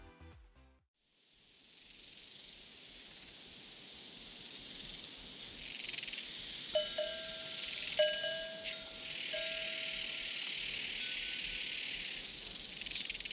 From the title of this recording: Sounds of the Prairie Crickets and Cowbells